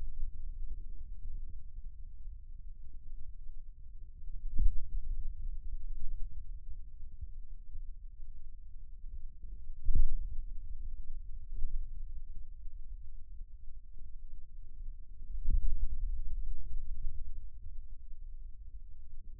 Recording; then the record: forearm muscle sounds (acoustic myography)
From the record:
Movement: finger pinch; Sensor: system 2, bracelet of six BSWA MPA416 microphones around the upper forearm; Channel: 1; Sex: male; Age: 22 years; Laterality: right